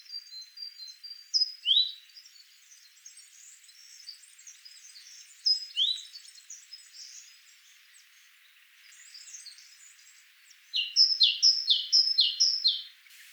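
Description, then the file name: Great tit calls in scattered bursts of sharp two-note phrases, a high note dropping to a lower one, ending in a fast run of several repeats, with faint high twittering behind. "Parus major"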